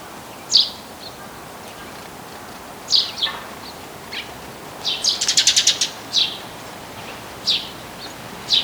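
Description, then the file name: Eurasian tree sparrow calls: scattered short chirps, with a quick rattling burst of several notes past the middle. "Passer montanus"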